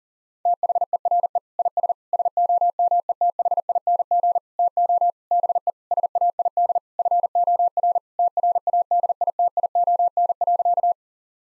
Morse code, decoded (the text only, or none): THERE IS SOMETHING TO BE SAID FOR TRADITION.